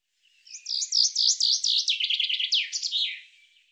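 Bird song phrase of about three seconds: a fast series of high, looping chirps that drops slightly in pitch midway and ends in a brief flourish.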